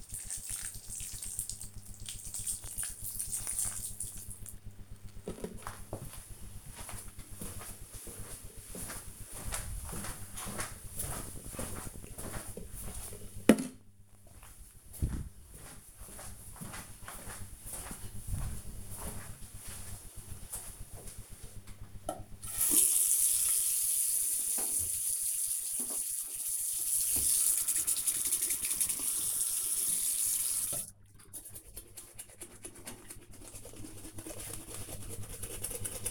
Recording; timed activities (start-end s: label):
household activities, microphone on the right wrist
0.00-7.10 s: watering plant
21.19-36.10 s: brushing teeth